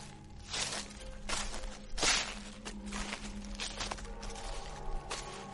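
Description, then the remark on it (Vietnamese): Footsteps crunch through dry leaves in a steady, unhurried rhythm, each step a broad rustling crackle, with a faint low hum underneath and no voices. “Càng đến gần, thằng Toàn nghe rõ tiếng bước chân dẫm lên trên lá khô cứ sột xà sột soạt.”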